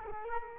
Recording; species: mosquito wingbeat signal from an infrared sensor; Culex quinquefasciatus